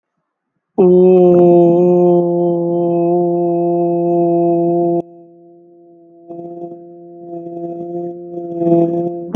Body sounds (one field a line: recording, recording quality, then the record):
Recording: sustained vowel as in boot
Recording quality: excellent, no background noise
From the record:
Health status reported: healthy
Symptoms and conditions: none ticked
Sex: male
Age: 29 years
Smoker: not ticked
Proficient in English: yes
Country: India